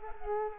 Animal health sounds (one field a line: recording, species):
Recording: mosquito wingbeat signal from an infrared sensor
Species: Culex quinquefasciatus